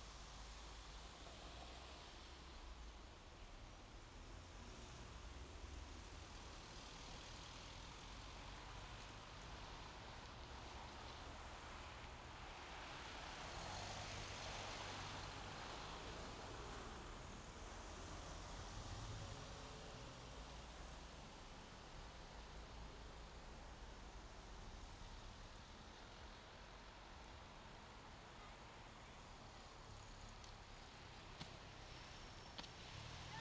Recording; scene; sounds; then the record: everyday scene through a hearing-aid microphone; in traffic; traffic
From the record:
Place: main road on the outskirts, rush hour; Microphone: in the ear canal, left